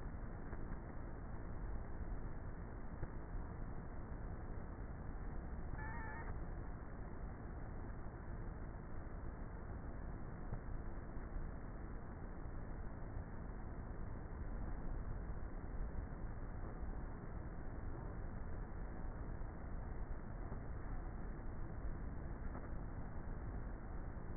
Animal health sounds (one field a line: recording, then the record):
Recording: honeybee colony, microphone inside the hive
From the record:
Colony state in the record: queenless with a low population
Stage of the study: before two queens were removed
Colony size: about 30,000 bees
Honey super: no